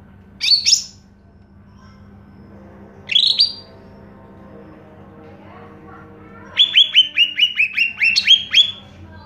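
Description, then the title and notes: Greater green leafbird song: high sharp notes at the start, a second chirp, then a rapid run of bright whistled notes near the end; faint background hum. Recording used as a master song for training caged Greater green leafbirds to imitate. "Suara Burung Cucak Ijo. mantap buat masteran burung cak ijo"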